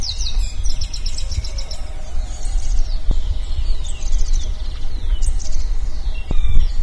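Bird song: very high, rapid trilled phrases and sliding chirps repeated several times, over strong low rumbling with a few clicks.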